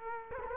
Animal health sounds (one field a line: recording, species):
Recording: mosquito wingbeat signal from an infrared sensor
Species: Culex quinquefasciatus